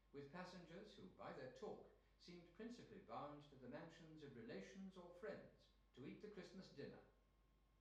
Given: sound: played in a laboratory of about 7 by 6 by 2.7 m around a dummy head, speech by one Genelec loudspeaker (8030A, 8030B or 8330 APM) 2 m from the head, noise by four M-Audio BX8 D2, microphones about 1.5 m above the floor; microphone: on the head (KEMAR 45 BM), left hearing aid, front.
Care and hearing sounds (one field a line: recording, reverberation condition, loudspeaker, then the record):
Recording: male speech in English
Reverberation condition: medium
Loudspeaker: 90 degrees to the right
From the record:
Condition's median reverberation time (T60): about 510 ms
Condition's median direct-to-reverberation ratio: about -0.5 dB